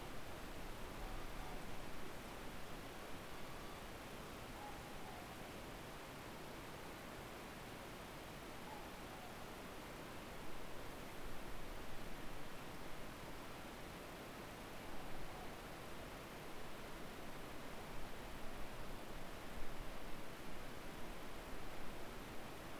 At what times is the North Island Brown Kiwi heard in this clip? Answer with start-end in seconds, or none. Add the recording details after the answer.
none. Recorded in New Zealand on 10 October 2014. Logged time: 22:59. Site DE66